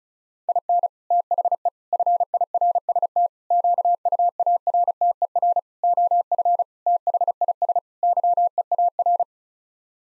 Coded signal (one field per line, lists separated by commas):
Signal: Morse code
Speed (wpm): 34 wpm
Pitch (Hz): 700 Hz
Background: none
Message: IN THE FIRST QUARTER OF THIS YEAR